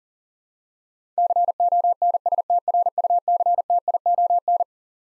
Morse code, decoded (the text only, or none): CONSTRUCTION